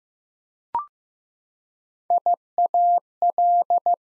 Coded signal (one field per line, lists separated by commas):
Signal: Morse code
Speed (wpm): 15 wpm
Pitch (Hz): 700 Hz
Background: none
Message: IAL